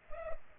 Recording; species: mosquito wingbeat signal from an infrared sensor; Culex pipiens